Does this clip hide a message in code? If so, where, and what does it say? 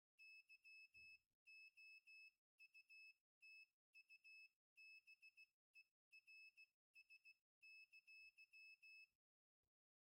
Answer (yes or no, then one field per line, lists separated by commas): yes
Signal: Morse code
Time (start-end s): 0.2-9.0 s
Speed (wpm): 16 wpm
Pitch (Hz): 2600 Hz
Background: none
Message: YOUTUBERS!